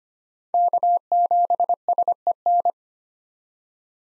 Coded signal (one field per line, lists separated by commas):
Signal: Morse code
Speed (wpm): 25 wpm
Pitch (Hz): 700 Hz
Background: none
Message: K7SEN